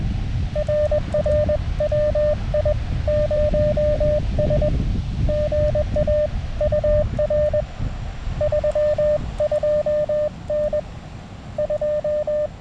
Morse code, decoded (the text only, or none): RR WI0S GA UR 32N 2